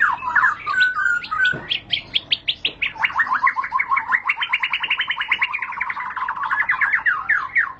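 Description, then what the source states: White-rumped shama song: a few whistled notes, then a long rapid series of repeated chip notes lasting several seconds. Lure song for training caged birds, used as a master song for other birds to learn.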